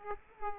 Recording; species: mosquito wingbeat signal from an infrared sensor; Aedes aegypti